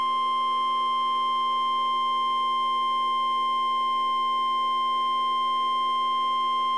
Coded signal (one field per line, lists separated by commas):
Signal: Emergency Alert System (SAME) tones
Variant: 1050 Hz attention tone